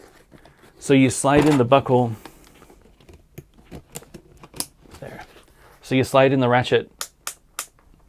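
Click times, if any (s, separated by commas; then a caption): 7.3 s, 7.6 s. A toothed plastic ratchet strap on an inline skate is slid into its ratchet buckle while someone talks, with small ticks and rustles in between. It then clicks sharply into the buckle at 7.3 s and 7.6 s, and the strap is seated.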